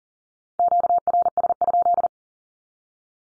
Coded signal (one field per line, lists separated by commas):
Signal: Morse code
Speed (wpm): 39 wpm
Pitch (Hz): 700 Hz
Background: none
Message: QRS?